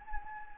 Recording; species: mosquito wingbeat signal from an infrared sensor; Anopheles gambiae